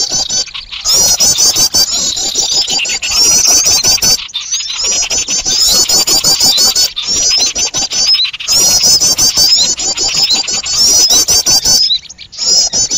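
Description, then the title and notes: Many birds twittering together, high squeaky chirps pouring out in long bursts with several brief silent breaks. Noisy bird chatter, used as a lure for trapping birds. "Master Burung Ribut. Burung Ribut Pikat"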